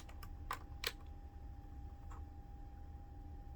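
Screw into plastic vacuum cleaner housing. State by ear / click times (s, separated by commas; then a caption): stripped / none. A screw is driven into the plastic housing of a Dyson Ball Animal 2 UP20 vacuum cleaner during reassembly, giving sharp ticking clicks at about 0.5 s and 0.9 s and a fainter tick near 2.1 s over a steady low hum and a thin constant tone. The screw struggles and fails to tighten because it has stripped out, so nothing has seated or clicked yet.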